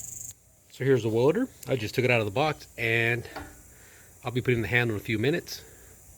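A man talks while handling a new Chicago Electric Flux 125 flux-core welder from Harbor Freight that has just come out of its box. He is getting ready to fit the plastic carry handle into the welder housing. Nothing has seated or clicked yet.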